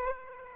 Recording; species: mosquito wingbeat signal from an infrared sensor; Aedes aegypti